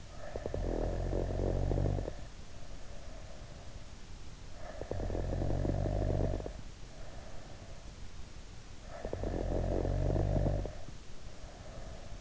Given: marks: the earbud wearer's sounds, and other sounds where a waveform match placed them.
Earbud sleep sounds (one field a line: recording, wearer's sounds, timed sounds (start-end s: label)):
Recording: sounds in sleep by an in-ear microphone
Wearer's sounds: snoring breath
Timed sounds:
0.00-3.46 s: snoring breath
4.59-7.91 s: snoring breath
8.59-12.21 s: snoring breath